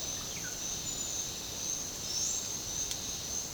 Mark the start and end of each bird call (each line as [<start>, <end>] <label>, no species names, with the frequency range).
[0.32, 0.62] bird call (1.0-2.9 kHz)